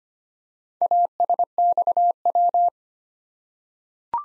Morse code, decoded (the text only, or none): ASXW